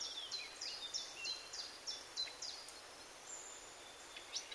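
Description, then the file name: Common nightingale calls: a series of thin, high, descending whistled notes, several per second, faint over a steady background hiss. "Luscinia megarhynchos"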